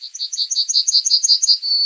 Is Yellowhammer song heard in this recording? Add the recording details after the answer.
yes. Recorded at under 5 m from the bird. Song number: 137